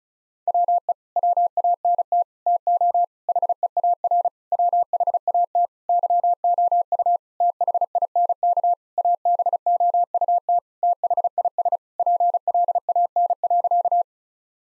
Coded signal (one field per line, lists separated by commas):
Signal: Morse code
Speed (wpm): 34 wpm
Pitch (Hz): 700 Hz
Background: none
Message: WE WANT TO HEAR WHAT YOU THINK ABOUT THIS PLAN.